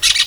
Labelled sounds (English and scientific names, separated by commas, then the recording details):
Brown-throated Parakeet (Eupsittula pertinax) contact call
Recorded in Venezuela
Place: Guárico; Corozopando; Fundo La Fe
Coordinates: 8.506, -67.593